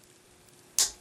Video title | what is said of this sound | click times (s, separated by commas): Transformers Age of Extinction Voyager HOUND: EmGo's Transformers Reviews N' Stuff | snap them into place and there you go | 0.8 s